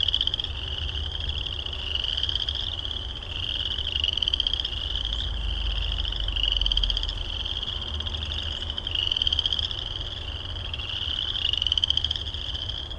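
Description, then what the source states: Frog chorus of overlapping high, pulsing trills that run almost continuously and swell and fade in waves, with a low background rumble. Recorded at Heartland Meadows.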